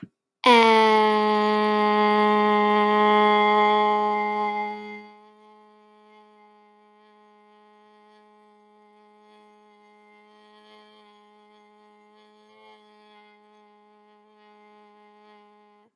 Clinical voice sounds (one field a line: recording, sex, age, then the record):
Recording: vowel held as long as possible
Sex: female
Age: 30 to 39 years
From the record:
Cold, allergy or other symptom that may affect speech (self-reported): no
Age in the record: 33 years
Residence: New York, United States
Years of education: 17